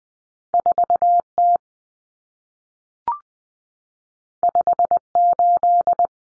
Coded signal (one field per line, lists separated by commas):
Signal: Morse code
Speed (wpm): 20 wpm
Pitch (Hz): 700 Hz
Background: none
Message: 4T 58